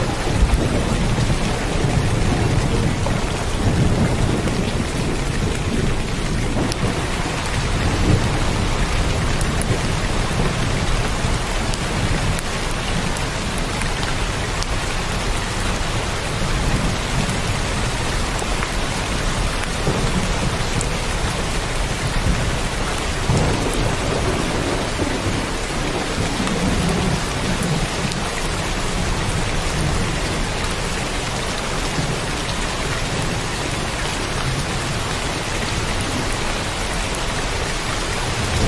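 Steady, dense rain hisses throughout while low rolling thunder rumbles in the distance, swelling faintly around five and twenty-three seconds.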